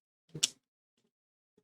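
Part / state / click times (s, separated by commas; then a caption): mount plate onto action camera quick-release mount / seated / 0.4 s. A necklace mount plate, which bolts up to the DJI quick release, is popped onto an action camera's magnetic quick-release mount. A brief rustle leads into a single sharp, bright click at 0.4 s, followed by faint soft handling sounds near 1.0 s and 1.6 s. The plate seats on the mount.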